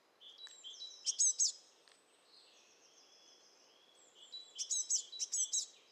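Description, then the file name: Eurasian blue tit calling in two bursts of high, rapid ticking notes and short trills, separated by thin sustained whistles and a quiet pause. "Cyanistes caeruleus"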